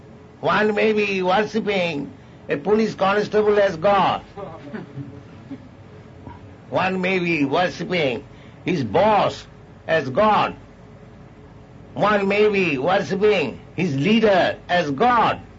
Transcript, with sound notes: One may be worshiping a police constable as God; (laughter) one may be worshiping his boss as God; one may be worshiping his leader as God.